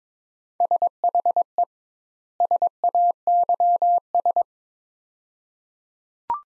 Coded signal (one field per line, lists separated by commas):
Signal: Morse code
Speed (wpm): 22 wpm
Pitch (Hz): 700 Hz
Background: none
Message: SHE SAYS